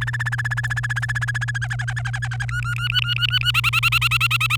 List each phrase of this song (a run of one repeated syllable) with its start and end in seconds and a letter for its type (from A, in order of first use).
0.01-1.58 A, 1.61-2.45 B, 2.48-3.51 C, 3.54-4.56 D